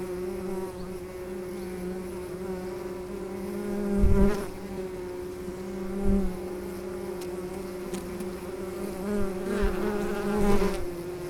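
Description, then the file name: Bee flight buzz, an even humming tone held throughout, interrupted by several short thumps and brief louder swells. "Bienenflug"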